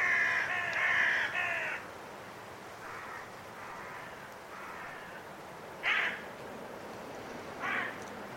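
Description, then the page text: Carrion crow gives a long hoarse caw followed by softer calls and two short sharp caws, over a constant rush of wind. Five carrion crows calling in trees before roosting, during blustery force 6 wind, in winter at Woodchester Park, Gloucestershire. "A group of five Carrion Crows in the trees, before roosting, during a blustery force 6 wind. Recorded in winter at Woodchester Park, Gloucestershire by Richard Margoschis. British Library"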